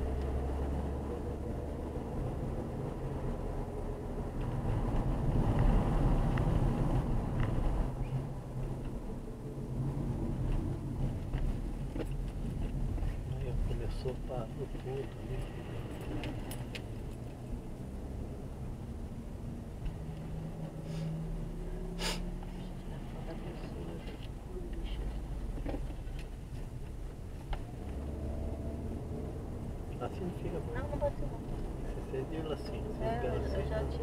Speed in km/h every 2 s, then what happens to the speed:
46, 49, 48, 44, 33, 26, 19, 19, 23, 22, 23, 21, 14, 20, 29, 36, 41.
3-12 slows to 19. 12-21 steady at about 22. 21-25 slows to 14. 25-34 speeds up to 41.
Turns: none.